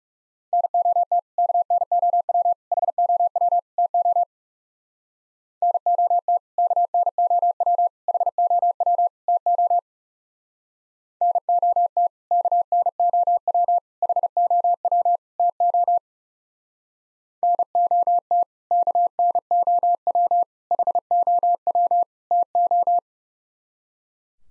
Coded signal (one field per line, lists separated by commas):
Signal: Morse code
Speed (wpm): 37 wpm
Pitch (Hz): 700 Hz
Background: none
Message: NOT KNOW HOW TO NOT KNOW HOW TO NOT KNOW HOW TO NOT KNOW HOW TO